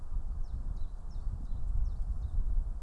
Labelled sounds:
Common Chiffchaff (Phylloscopus collybita)
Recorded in Germany
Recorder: ecoPi

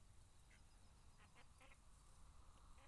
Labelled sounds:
Mallard (Anas platyrhynchos)
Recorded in Germany
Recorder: ecoPi

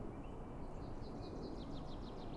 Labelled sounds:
Common Chaffinch (Fringilla coelebs)
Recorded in Germany
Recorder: ecoPi

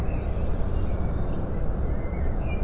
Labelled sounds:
Eurasian Blue Tit (Cyanistes caeruleus)
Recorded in Germany
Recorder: ecoPi

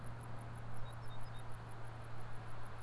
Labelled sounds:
Great Tit (Parus major)
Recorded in Germany
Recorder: ecoPi

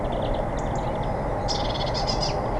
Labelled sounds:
Great Tit (Parus major)
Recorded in Germany
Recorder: ecoPi

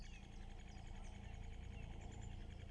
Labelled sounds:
Great Spotted Woodpecker (Dendrocopos major)
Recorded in Germany
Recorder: ecoPi

